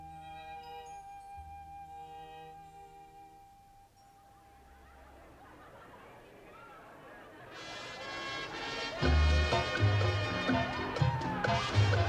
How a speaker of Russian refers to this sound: Мне был нужен шум толпы.